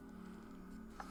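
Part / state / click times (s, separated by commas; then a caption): rotating wooden piece into magnetic catch of puzzle box / not seated / none. A moving wooden part of a walnut and mahogany sequential discovery puzzle box is turned by hand toward a magnetic catch that will hold it in place. A steady low hum with faint scratchy handling runs throughout, with a brief light tap near 1.0 s. Nothing has seated or locked in place yet.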